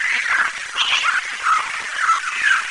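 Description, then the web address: Bird calls: several short curved whistled notes over a steady hiss of dense background noise. Environmental ambience of birds. "Rarefaction - Poke in The Ear With A Sharp Stick ENVIRN-AMB 3 BIRDS"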